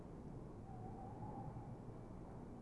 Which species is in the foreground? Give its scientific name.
Strix aluco